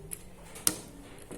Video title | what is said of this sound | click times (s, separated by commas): RAKIT PC SEDERHANA, BOOTING FLASH, SETTING BIOS, Dan Instal WINDOWS 10 !!!!! | untuk pemasangannya sampai bunyi klek. Oke. | 0.1 s, 0.7 s